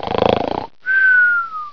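A rapid rattling, fluttering snort on the in-breath, then a brief pause and a steady falling whistle on the out-breath. This is a stylized sound-effect snore.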